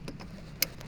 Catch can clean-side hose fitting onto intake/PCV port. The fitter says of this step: but as you can hear, it clicked on.